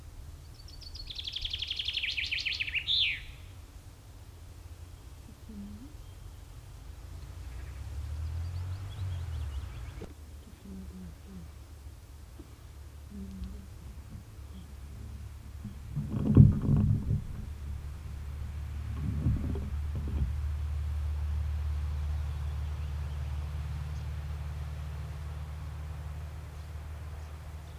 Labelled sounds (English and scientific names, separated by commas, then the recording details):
Common Chaffinch (Fringilla coelebs) song
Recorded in the wild
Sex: male
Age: adult
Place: Schloß Holte-Stukenbrock, Senne, Nordrhein-Westfalen, DE
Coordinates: 51.8669, 8.65333
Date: 1972-06-17
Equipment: Uher 4200 Report Stereo, Bändchenmikro Beyer M 260, Parabolspiegel Polyester (600 mm)
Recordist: Conrads, Klaus
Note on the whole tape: Jägerkrug (Furlbach-Gebiet). Männchen: Gesang; Buchfink 56-6 - Bezeichnung des Autors